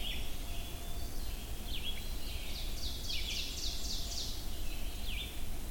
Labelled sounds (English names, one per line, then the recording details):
Ovenbird song
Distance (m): 60 m
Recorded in boreal forest in Alberta, Canada, on 22 June 2016 at 05:42
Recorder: SongMeter 3, array SBT-6-76
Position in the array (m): 150 m, 110 m
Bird 3